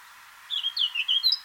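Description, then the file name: Eurasian blackcap song: after a moment of quiet, a short run of clear, fluty notes of varied pitch, cut off mid-phrase. "Sylvia atricapilla"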